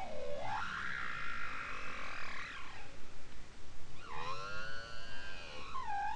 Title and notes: Grønlandshvalens sang 2. Lyd: Stafford, Lydersen, Wiig, Kovacs. Extreme diversity in the songs of Spitsbergen’s bowhead whales